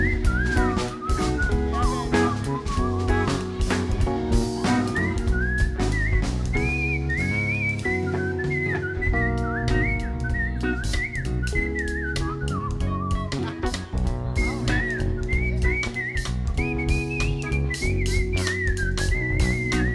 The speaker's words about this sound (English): that whistle, y'all.